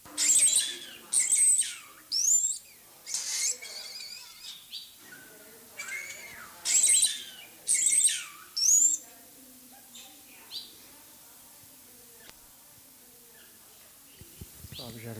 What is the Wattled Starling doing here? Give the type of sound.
song